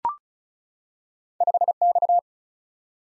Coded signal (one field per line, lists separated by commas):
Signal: Morse code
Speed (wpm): 36 wpm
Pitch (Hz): 700 Hz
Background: none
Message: 5X